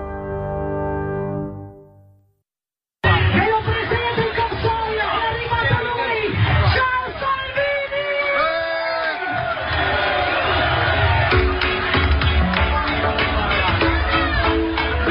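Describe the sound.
A large crowd loudly chants the name of Matteo Salvini, the Italian interior minister, in unison during his beach tour where he is DJing. Many voices rise and fall together in a steady, continuous roar with rhythmic shouted accents, after a brief tonal sound and a moment of silence.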